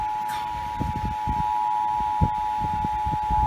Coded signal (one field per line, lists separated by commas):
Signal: Emergency Alert System (SAME) tones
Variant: 853 and 960 Hz attention tone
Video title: An Early Morning FFW (EAS Capture #5)